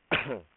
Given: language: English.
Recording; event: throat vibration sensor signal played as sound; cough